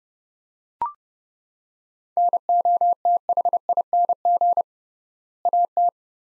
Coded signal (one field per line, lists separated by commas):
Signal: Morse code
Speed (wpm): 31 wpm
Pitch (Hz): 700 Hz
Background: none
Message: NOTHING AT